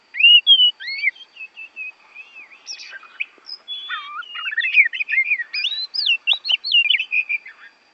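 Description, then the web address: Oriental magpie-robin song with rising and falling clear whistles, some low swooping notes, building into a dense varied warble over about eight seconds. Oriental magpie-robin from Borneo; recording made for training songbirds (masteran). "kacer borneo. masteran kacer"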